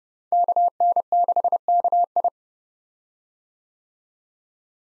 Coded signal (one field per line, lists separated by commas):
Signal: Morse code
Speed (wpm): 31 wpm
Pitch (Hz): 700 Hz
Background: none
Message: KN6KI